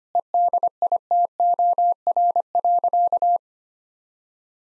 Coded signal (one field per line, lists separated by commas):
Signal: Morse code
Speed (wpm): 25 wpm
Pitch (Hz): 700 Hz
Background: none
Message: EDITOR.